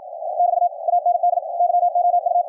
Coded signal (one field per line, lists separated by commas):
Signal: Morse code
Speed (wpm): 52 wpm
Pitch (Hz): 700 Hz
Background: radio noise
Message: <BT> AND YOU